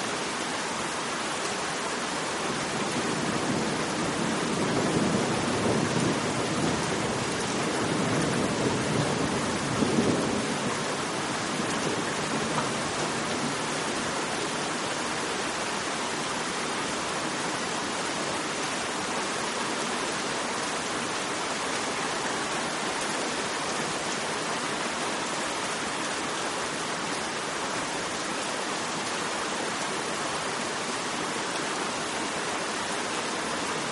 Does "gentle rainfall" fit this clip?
yes